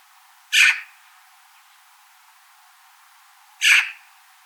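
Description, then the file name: Eurasian magpie calling with two brief, noisy, grating notes spaced roughly three seconds apart against a quiet background. "Pica pica"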